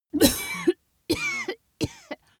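A severe cough from an adult woman.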